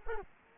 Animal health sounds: mosquito wingbeat signal from an infrared sensor; Culex quinquefasciatus

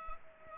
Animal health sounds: mosquito wingbeat signal from an infrared sensor; Culex pipiens

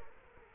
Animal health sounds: mosquito wingbeat signal from an infrared sensor; Culex quinquefasciatus

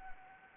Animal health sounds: mosquito wingbeat signal from an infrared sensor; Anopheles gambiae

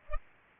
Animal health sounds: mosquito wingbeat signal from an infrared sensor; Culex pipiens

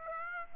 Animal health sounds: mosquito wingbeat signal from an infrared sensor; Aedes aegypti

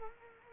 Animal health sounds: mosquito wingbeat signal from an infrared sensor; Culex quinquefasciatus

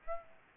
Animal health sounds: mosquito wingbeat signal from an infrared sensor; Aedes albopictus

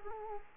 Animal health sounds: mosquito wingbeat signal from an infrared sensor; Culex quinquefasciatus

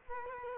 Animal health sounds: mosquito wingbeat signal from an infrared sensor; Culex quinquefasciatus

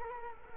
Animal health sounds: mosquito wingbeat signal from an infrared sensor; Culex quinquefasciatus

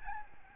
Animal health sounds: mosquito wingbeat signal from an infrared sensor; Aedes albopictus

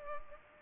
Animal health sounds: mosquito wingbeat signal from an infrared sensor; Culex pipiens

